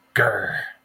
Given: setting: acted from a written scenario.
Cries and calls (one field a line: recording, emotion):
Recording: vocal sound without words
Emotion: anger